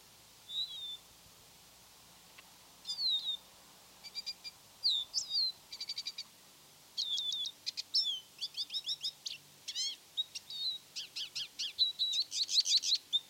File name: Lesser Goldfinch